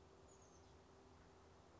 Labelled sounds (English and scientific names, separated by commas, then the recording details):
Oak Titmouse (Baeolophus inornatus)
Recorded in Sonoma County, California